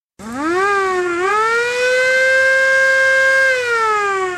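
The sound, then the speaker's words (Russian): A navy frigate's siren wails loudly on its own, its tone rising, dipping briefly, then climbing to a long sustained howl before slowly sagging at the end. “Опять взревела чертова сирена.”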